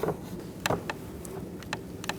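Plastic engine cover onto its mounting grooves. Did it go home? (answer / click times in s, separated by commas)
no / none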